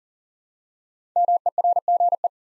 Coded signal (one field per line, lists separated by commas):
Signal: Morse code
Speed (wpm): 40 wpm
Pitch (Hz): 700 Hz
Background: none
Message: MERGE